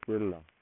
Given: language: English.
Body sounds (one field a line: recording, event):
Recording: throat vibration sensor signal played as sound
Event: speech